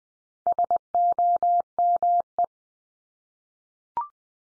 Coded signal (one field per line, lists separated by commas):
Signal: Morse code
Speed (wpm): 20 wpm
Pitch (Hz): 700 Hz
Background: none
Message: SOME